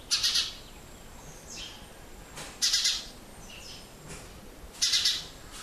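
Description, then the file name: House sparrow calls: harsh bursts of chirps repeated roughly every two seconds, with softer chirps in the gaps between them. "Passer domesticus"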